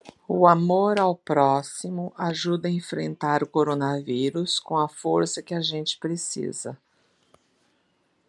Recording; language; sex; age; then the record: spoken sentence; Brazilian Portuguese; female; 60 to 69 years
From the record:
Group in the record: control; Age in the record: 61 years